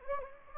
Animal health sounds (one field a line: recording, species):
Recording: mosquito wingbeat signal from an infrared sensor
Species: Anopheles gambiae